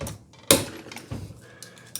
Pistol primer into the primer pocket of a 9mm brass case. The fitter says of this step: see now this one winchester and you heard it pop